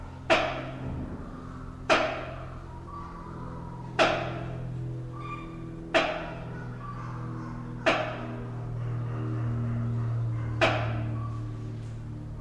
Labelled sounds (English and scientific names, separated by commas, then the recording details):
Wrinkled Hornbill (Aceros corrugatus)
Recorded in captivity
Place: Zoo Berlin, Berlin, DE
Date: 1992-07-25 11:40
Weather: sonnig (heiter - schwül), 23-26°C
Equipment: Marantz CP 430, Sennheiser ME 80, Kopie Tesla B 116
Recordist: Tembrock, Günter